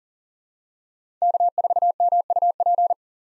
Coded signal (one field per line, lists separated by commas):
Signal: Morse code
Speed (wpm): 40 wpm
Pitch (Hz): 700 Hz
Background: none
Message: K4MUP